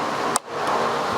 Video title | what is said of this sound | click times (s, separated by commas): DeWalt Announces NEW TOOL Atomic Bandsaw DCS377 2020 | then you push it in and you'll feel it click | 0.4 s